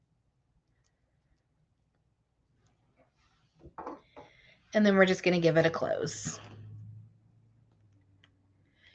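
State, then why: Seated. A metal jump ring holding a beaded glass strand for a sun catcher is twisted closed with pliers over a flattened 2x2 spacer while someone talks. A small, faint click at 8.2 s marks the ring ends meeting, and the jump ring is closed.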